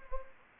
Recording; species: mosquito wingbeat signal from an infrared sensor; Anopheles gambiae